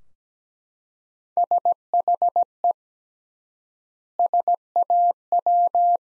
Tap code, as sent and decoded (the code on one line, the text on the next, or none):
none